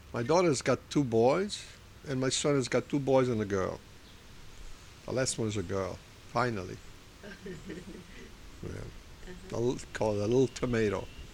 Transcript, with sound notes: My daughter's got two boys, and my son has got two boys and a girl. The last one is a girl, finally. (laughs) We call her "The Little Tomato."